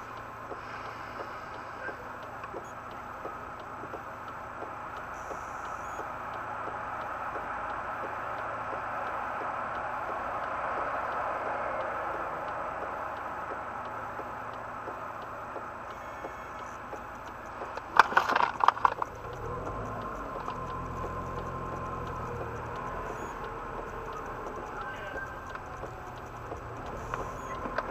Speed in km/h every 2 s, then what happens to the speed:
2, 2, 1, 1, 1, 1, 1, 5, 5, 1, 4, 10, 8, 8.
0-13 standing. 13-19 steady at about 5. 19-22 pulls away to 10. 22-28 steady at about 8.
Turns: none.